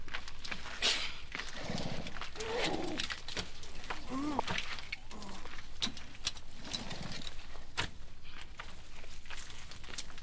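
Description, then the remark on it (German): Horse hooves clop in an uneven, steady series of sharp knocks as riders set off in the cool of the night, with soft cooing and chirping birds mixed in and a brief whinny-like call partway through. “Cäsar, binde die 2 auf ihre Pferde.”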